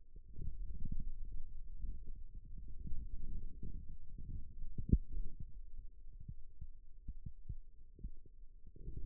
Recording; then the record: forearm muscle sounds (acoustic myography)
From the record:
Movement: radial deviation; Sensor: system 2, bracelet of six BSWA MPA416 microphones around the upper forearm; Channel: 3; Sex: male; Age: 22 years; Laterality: right